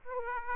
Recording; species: mosquito wingbeat signal from an infrared sensor; Aedes aegypti